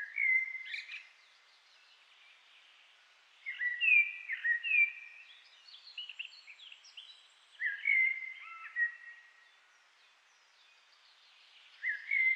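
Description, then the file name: Common blackbird song: low fluted warbling phrases followed by thin, squeaky high twitters, each phrase separated by a few seconds of quiet. "Turdus merula"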